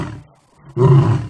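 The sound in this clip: Lion roar: a short, deep, rumbling burst starting after a quiet pause, loud and low-pitched with a rough, grating texture, lasting about half a second.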